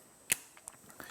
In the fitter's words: You should hear that click into place.